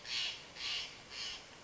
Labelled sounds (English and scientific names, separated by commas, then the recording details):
Steller's Jay (Cyanocitta stelleri)
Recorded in Sonoma County, California